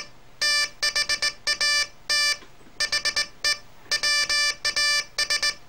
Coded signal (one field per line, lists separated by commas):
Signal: Morse code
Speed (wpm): 19 wpm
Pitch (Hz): 1750 Hz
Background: none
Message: THAT HE WAS